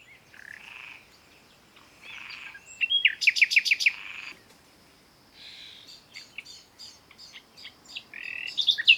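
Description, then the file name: Common nightingale song: varied phrases separated by short pauses, including a loud, fast series of sharp repeated notes. "Luscinia megarhynchos"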